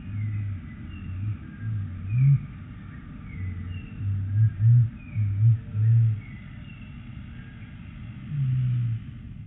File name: Blue billed Curassow Crax alberti